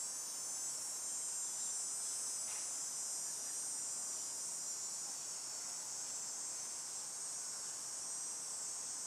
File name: crickets cicadas hot day buzzing in trees residential street